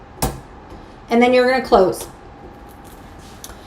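A small, inexpensive tool adapter is pushed into the opened clamp A of a craft cutting machine and clicks into place with a sharp hit at 0.2 s. Someone then talks briefly, and a faint tick follows at 3.4 s. The adapter is seated in the clamp.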